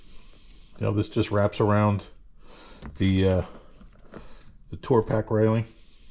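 Someone talks while the strap of a small motorcycle bag is wrapped around the tour pack railing, its plastic side-release buckle handled but not yet plugged together. A few faint handling ticks are heard between the speech, and nothing has seated or clicked yet.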